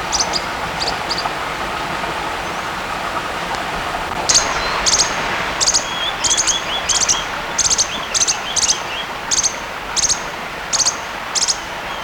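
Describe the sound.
Bird calling with short, high chirps in quick pairs and triplets, sparse at first and then steady after about four seconds, over a constant hiss of background noise.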